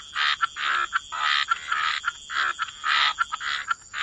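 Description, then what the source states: Frogs croaking in rough, drawn-out bursts that overlap, with brief clicks between and a soft continuous high whine. Frog chorus mixed with white noise.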